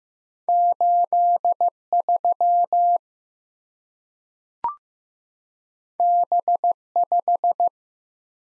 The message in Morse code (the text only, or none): 83 B5